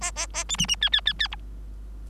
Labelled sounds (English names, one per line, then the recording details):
Bengalese Finch song
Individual Bird3